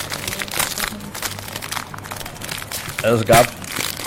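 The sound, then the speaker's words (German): A plastic bag of packaged croissants, in Italy, crinkles and rustles in irregular bursts, with a brief voice breaking in near the end over the crackly handling noise. “Hier gibt es Croissant in Tüten.”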